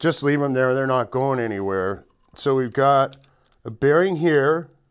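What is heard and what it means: A thrust bearing is handled during assembly of a 10R140 automatic transmission, ready to be pressed onto its clip-on race, while someone talks throughout. The bearing has not snapped onto the race yet, so nothing has seated or clicked in this clip.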